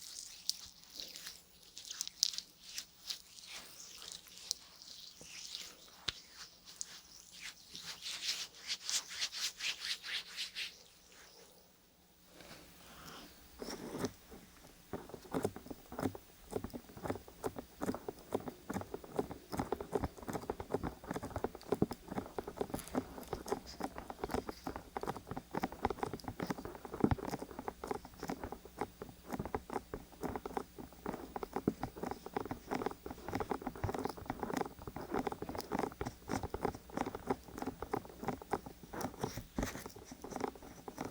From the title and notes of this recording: ASMR Relaxing Ear Massage NO TALKING (Oil, Lotion & Peeling pack).